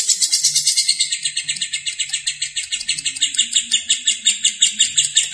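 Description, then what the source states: Lovebird chattering in a rapid, steady run of shrill chirps, with a faint low hum underneath. Lovebird singing in the konslet style.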